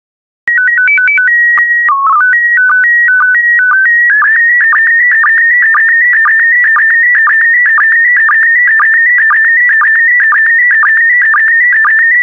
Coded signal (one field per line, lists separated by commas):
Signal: SSTV (slow-scan television)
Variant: PD 120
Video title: 172027 Action Sailing SSTV PD120